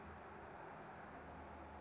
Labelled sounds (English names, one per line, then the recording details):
California Towhee
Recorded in Sonoma County, California